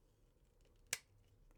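During the transformation of a plastic Baiwei Siyang Culture Heidelberg Y-C002 Transformers Missing Link Scorponok figure, a plastic part is pushed into its socket on the figure. A single sharp snap sounds at 0.9 s over a quiet background. The part is confirmed seated.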